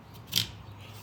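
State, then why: Seated. A Parrati wiper blade's adapter is slid onto the J-hook of a wiper arm and snaps into place. A single sharp click is heard at 0.4 seconds over a low background hum, and the adapter locks onto the hook arm.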